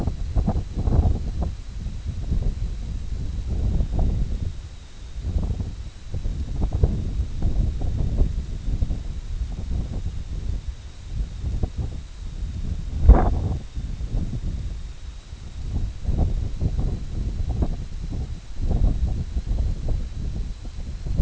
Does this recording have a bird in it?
no